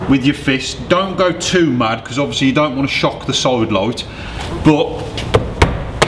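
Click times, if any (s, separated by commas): none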